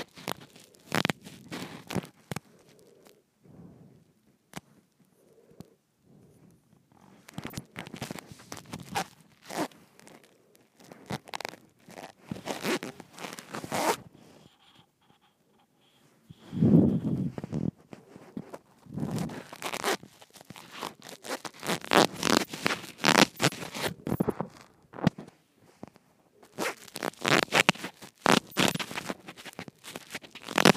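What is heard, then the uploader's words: A microphone is twisted and handled, giving rough scraping and rubbing bursts that come and go in uneven clusters with short quiet gaps. A low thump lands around the middle, and the last third is busiest, with dense, zipper-like crackling. ASMR Twisting my Microphone.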